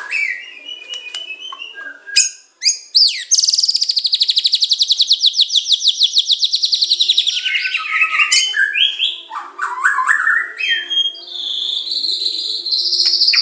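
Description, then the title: Oriental magpie-robin song with mixed whistles, then a long fast buzzy trill of high repeated notes that drops in pitch, followed by more varied warbling phrases. "Kicau Kacer"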